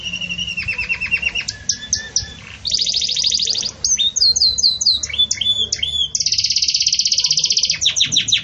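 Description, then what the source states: Belgian canary song: fast trills alternating with high whistled notes and rapid buzzy runs, changing phrase every second or two. Pure "campainha" (bell) song style with pauses, for training.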